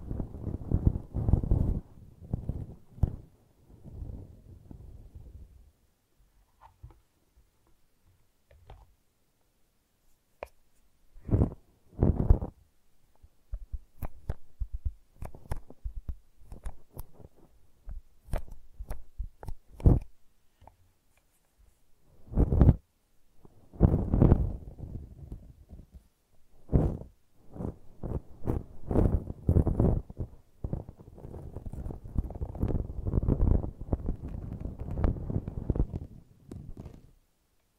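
Brushing and scratching in irregular bursts: dense, low rustling strokes from the start to about 5 seconds, then sparse short scrapes with near silence around 8 to 11 seconds. Sharp clicks stand out near 11, 12, 20 and 23 seconds, and steady rapid brushing fills 30 to 36 seconds.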